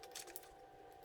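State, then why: Not seated. The landing gear wire pin of an 850 mm Arrows P-51 foam RC plane is handled at its mount in the wing, to be put in and turned until it locks. Quiet plastic and wire handling rustles play over a steady faint tone, with brief sharp ticks near 0.4 s and 1.0 s. Nothing has seated or clicked into place yet.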